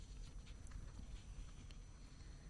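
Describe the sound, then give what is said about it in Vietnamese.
Hooves of a horse-drawn carriage carrying Nguyễn Trãi out of the imperial citadel clip-clop at a steady, unhurried pace over a low, continuous rumble, the knocks soft and muted rather than sharp. “Ngồi trên xe ngựa ra khỏi hoàng thành, Nguyễn Trãi vẫn còn ngửi thấy mùi thịt cá thơm phức.”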